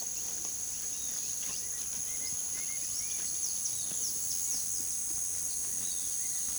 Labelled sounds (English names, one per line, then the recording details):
Bright-rumped Attila
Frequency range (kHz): Bright-rumped Attila 1.2-2.8 kHz
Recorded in pastures near Puerto Asís, Putumayo, Colombia, on 18 February 2024 at 17:00
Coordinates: 0.466, -76.323
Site G6384